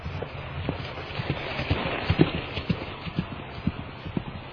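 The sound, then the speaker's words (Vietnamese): A horse gallops steadily across a field, its hooves thudding in a quick, uneven rhythm of dull low knocks over a soft, hissing background, with no voices. “Thái tử Louis mừng khôn xiết, cảm ơn cụ già, rồi phi ngựa băng qua cánh đồng”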